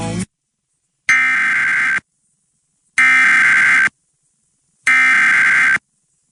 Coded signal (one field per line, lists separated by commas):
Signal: Emergency Alert System (SAME) tones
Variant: header bursts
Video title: The Tornado Festival | EAS Alerts From 4/8/21 - EAS #199 - #207